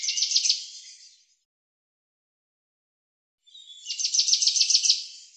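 Common chaffinch song heard twice, each phrase a rapid chain of sharp, high repeated notes finishing with a short trailing twist.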